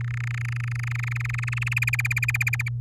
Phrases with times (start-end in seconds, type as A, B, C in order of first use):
0.01-1.74 A, 1.76-2.69 B